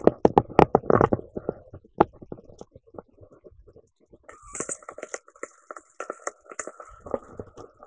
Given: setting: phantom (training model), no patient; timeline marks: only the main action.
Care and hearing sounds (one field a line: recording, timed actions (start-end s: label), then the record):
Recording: laparoscopic instrument, vibration sensor on the handle end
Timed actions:
3.79-7.87 s: coagulation
From the record:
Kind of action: gesture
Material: ex-vivo porcine liver